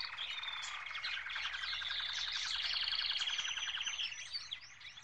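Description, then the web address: Birds calling in a dense chorus, many high chirps and rapid chattering notes overlapping continuously for the whole stretch, fading slightly toward the end. "Звуки природы - птицы"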